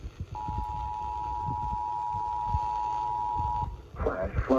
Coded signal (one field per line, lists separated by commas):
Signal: Emergency Alert System (SAME) tones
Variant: 853 and 960 Hz attention tone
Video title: SAN DIEGO CRAZINESS - EAS Alerts on 8/24/2022 (EAS #206-216)